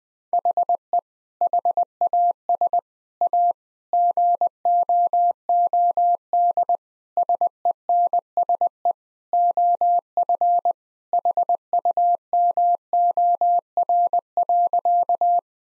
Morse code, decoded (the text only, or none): HE HAS A GOOD SENSE OF HUMOR.